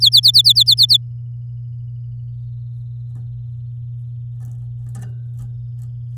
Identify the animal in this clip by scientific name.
Serinus canaria